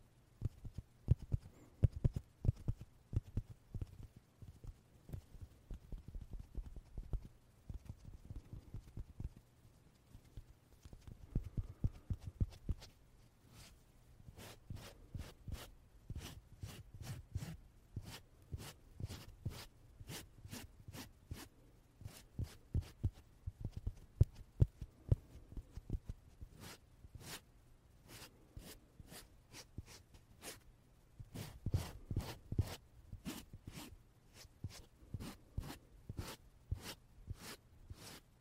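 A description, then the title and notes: Short, sharp puffs come one after another over a steady low hum, with no voices. For the first dozen seconds they are dense and dull. After that they turn crisper and brighter, arriving in quick irregular runs with brief gaps between. 말없이 퍼프 소리만, 가득 담아봤어요 puff sound no talking asmr.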